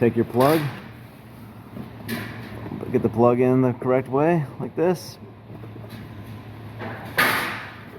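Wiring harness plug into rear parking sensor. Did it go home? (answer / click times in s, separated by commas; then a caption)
no / none. A wiring harness plug is oriented and lined up with the rear parking sensor socket on a 2015 Audi A6 before being pushed in. Someone talks over brief handling noises, including a short sharp sound at about 2.8 s. The plug has not been pushed in or clicked yet.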